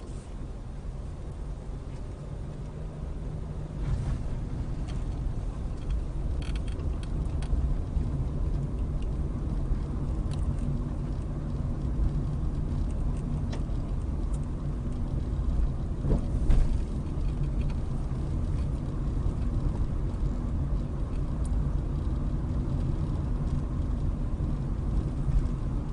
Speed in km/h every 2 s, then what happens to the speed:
6, 11, 15, 21, 24, 24, 23, 23, 24, 24, 24, 26, 26.
0-8 speeds up to 24. 8-26 steady at about 24.